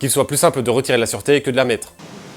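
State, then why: Not seated. A man talks over a pistol's metal manual safety lever on the frame of a SOCOM Mk 23, which is being handled, and his voice stops at about 2.0 s, leaving low background noise. Nothing has clicked or seated yet.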